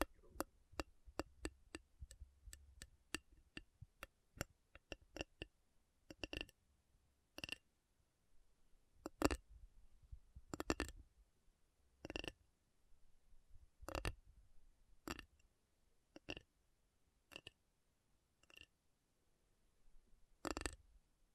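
Metal is tapped in a slow series of sharp, bright clicks. During the first five seconds the taps come quickly and close together. After that they thin out to about one every second or so, some landing as doubled or ringing hits, with near silence between them.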